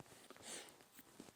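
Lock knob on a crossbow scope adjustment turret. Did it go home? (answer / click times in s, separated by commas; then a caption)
yes / 0.3 s, 0.4 s. After windage is dialed in, the lock knob on the adjustment turret of a Garmin Xero X1i crossbow scope is tightened down, giving two short clicks at 0.3 s and 0.36 s. The knob clicks locked.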